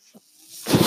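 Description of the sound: A faint murmur is followed by a loud, rising airy whoosh that builds over the last third of a second: the airflow of the listener-heard man's own home mechanical ventilator delivering a breath, in a pause between his speech.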